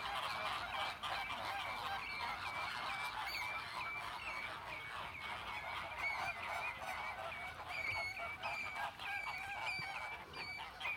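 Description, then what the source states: Flamingo flock chattering for several seconds, a wall of overlapping nasal honks with scattered sharper calls rising above it. Captive flamingos at the Bristol Zoo flamingo enclosure.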